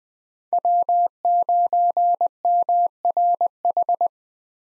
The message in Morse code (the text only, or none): W9MRH